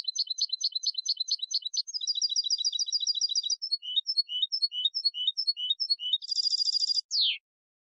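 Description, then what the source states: European goldfinch song: rapid high twittering trills, shifting phrases and downslurred notes, a dense buzzy burst, ending in a sharp descending note; clean background. Clean goldfinch song for song training by copying.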